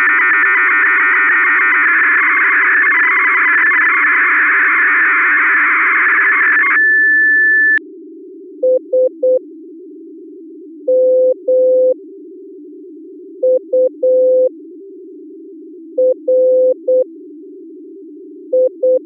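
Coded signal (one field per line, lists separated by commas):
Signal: fast PSK data mode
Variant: 8PSK1000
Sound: seven seconds of dense hissing data warble, a steady whistle, then short low beeps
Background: low hum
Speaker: daarnaast op het eind Als het lukt nog iets bijzonders via 8 psk 1000 net als gisteren op 1750 HZ om te decoderen heb je waarschijnlijk ook het programma FL wap nodig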